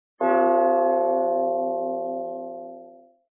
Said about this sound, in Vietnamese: Một tiếng va chạm như tiếng chuông vang lên.